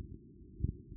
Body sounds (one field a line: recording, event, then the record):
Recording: neck accelerometer signal played as sound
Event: no cough (speech, laughter, throat clearing or background)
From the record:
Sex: female